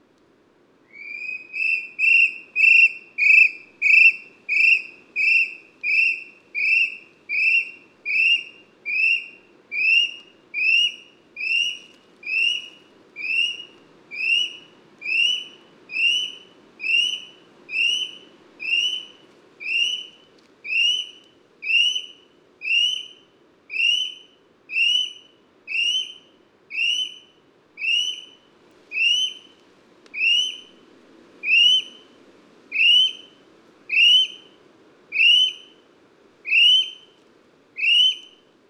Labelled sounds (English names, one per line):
Little Spotted Kiwi male call